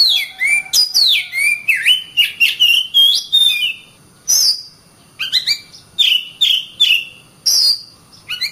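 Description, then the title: Oriental magpie-robin song: varied whistles sweeping down and up, delivered quickly at first, then in separate sharp phrases about half a second apart. Kacer master recording. "KACER MASTER"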